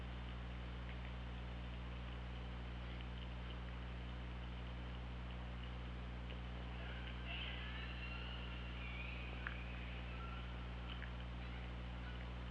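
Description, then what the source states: Killer whale calls: a harmonic call followed by thin whistled tones and a sharp click, all over a steady low drone and background hiss. Underwater hydrophone recording from OrcaLab, made 24 August 2017 at 15:12.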